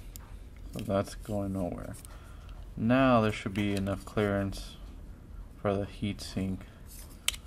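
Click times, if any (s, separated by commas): 7.3 s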